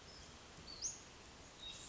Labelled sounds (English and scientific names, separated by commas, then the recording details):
Western Flycatcher (Empidonax difficilis)
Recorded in Sonoma County, California